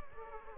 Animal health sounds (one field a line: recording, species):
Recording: mosquito wingbeat signal from an infrared sensor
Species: Aedes aegypti